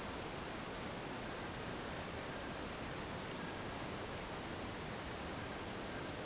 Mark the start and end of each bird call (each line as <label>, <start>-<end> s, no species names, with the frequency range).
bird call (0.9-2.4 kHz), 0.00-6.21 s